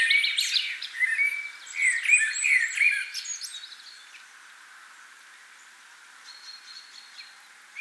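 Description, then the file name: Common blackbird sings a run of rich warbled notes with high twitter, then only faint high whistles follow. "Turdus merula"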